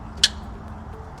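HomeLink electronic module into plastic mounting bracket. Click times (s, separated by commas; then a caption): 0.2 s. A HomeLink electronic module for a Tesla Model Y (Juniper) is slid into its plastic mounting bracket and pressed until it snaps into place. A single sharp, loud click sounds at 0.2 s over a low background hum, and the module is seated in the bracket.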